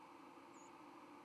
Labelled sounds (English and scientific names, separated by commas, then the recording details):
White-throated Sparrow (Zonotrichia albicollis) flight call
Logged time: 09:07 on 31 October 2014